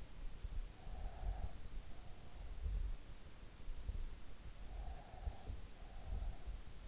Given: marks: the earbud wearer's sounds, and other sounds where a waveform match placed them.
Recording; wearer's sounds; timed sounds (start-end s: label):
sounds in sleep by an in-ear microphone; breath
0.30-2.09 s: breath
4.33-6.29 s: breath